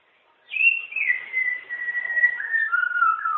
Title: Kicau Burung Pentet